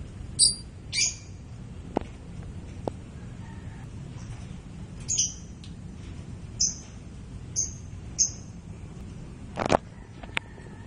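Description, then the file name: White-crowned forktail with piercing high whistled notes at irregular intervals, each brief and slightly falling, alongside occasional clicks and a steady low background. "meniinting besar"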